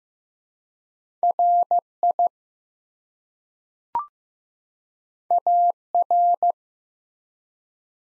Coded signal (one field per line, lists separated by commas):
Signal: Morse code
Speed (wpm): 15 wpm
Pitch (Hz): 700 Hz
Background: none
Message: RI AR